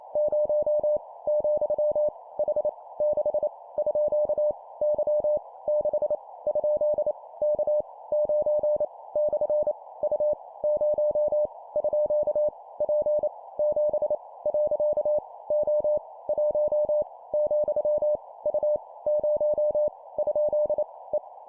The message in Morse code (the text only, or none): 0 , H 6 _ Y 6 ? K 9 / U 0 _ P 7 . O 1 , U 0 ? E